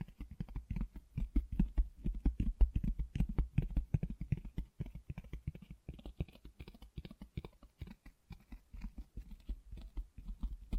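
Dense, quick tapping and scratching on a hard surface, a steady run of short clicks and knocks with a soft low thud under many of them. The taps are busiest in the first half, then grow lighter and more scattered, with brief pauses near eight seconds.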